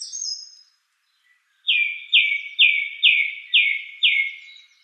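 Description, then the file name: Song thrush singing a brief high phrase, then after a pause a loud downslurred note repeated six times in a steady rhythm. "suara-kicauan-burung-song-thrush 7-omkicau"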